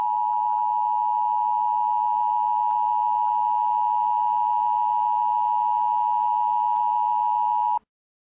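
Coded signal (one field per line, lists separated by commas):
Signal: Emergency Alert System (SAME) tones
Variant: 853 and 960 Hz attention tone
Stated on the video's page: Simulated EAS emergency action notification for nuclear fallout, an interruption within a streamed show.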